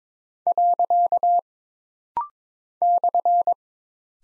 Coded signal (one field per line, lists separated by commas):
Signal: Morse code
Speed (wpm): 22 wpm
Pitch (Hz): 700 Hz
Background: none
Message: . /